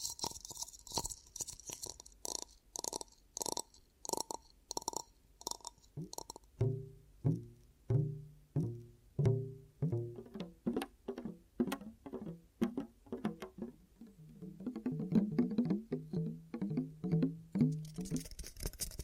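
Ear cupping triggers: steady, rhythmic pats repeat about twice a second throughout. The first six seconds sound airy and hissy, then the pats turn muffled and hollow with a low, thumping resonance, growing quicker and denser toward the end.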